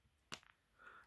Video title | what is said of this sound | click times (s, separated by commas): AUCHAN "Histoires de filles"/ "Stories for girls" Fountain Pen Review | you could hear that click sound | 0.3 s